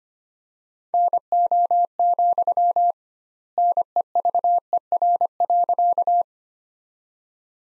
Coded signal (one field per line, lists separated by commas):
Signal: Morse code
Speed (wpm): 25 wpm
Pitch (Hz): 700 Hz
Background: none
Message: NO, NEVER.